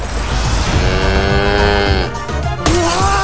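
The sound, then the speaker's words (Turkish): A loud shattering crash of an Atatürk bust breaking, with sustained ringing tones running through the clatter and a second sharp impact near the end. “Yine kırdı diyorlar.”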